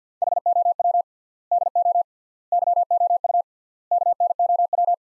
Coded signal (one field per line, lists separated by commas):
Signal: Morse code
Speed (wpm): 50 wpm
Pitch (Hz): 700 Hz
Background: none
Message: HOW DO YOU KNOW